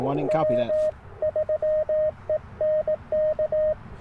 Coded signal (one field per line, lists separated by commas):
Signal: Morse code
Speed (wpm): 20 wpm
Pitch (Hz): 590 Hz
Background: speech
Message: W3ENK